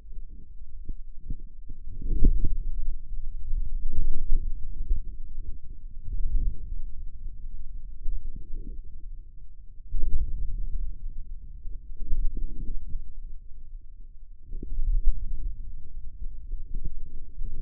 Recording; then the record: forearm muscle sounds (acoustic myography)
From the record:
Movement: ulnar deviation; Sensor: system 2, bracelet of six BSWA MPA416 microphones around the upper forearm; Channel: 6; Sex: male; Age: 22 years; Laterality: right